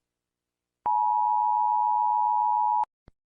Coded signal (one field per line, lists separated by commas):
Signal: Emergency Alert System (SAME) tones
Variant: 853 and 960 Hz attention tone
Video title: EAS (film)